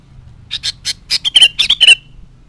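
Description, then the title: Sooty-headed bulbul song: a loud, bubbly phrase of several short chirped notes over one and a half seconds, the later notes sliding slightly downward. "Kutilang"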